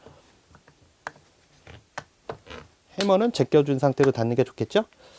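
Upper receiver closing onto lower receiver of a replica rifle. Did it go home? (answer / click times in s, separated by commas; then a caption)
no / none. On a VFC HK416 GEN2 gas blowback airsoft rifle, the upper receiver is being handled to close onto the lower receiver, with the hammer cocked back. Soft handling taps and sharper ticks come around 1.1 and 2.0 seconds, then someone talks. Nothing has seated or clicked yet.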